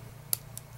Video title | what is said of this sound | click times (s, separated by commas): Belmont Vintage Fountain Pens | there and it snaps right into place | 0.3 s